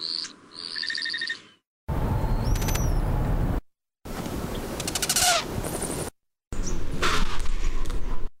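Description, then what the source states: Hummingbirds' courtship dive sounds: four separate segments split by silences, with tonal chirps and whistles and buzzy noisy bursts over loud background noise. Four hummingbird species, the first a black-chinned hummingbird; males' courtship display dives, with sounds made by tail feathers and wings, one also with a vocalization.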